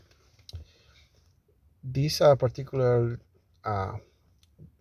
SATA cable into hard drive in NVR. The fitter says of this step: and then we are gonna wait for the click